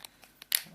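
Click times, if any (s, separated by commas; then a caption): 0.5 s. The plastic back cover (battery cover) of a GV18 Aplus smartwatch phone, turned the other way round, is pressed onto the watch body. A few faint light taps come first, then one sharp, bright click at 0.6 s. The cover clicks back into place and is seated.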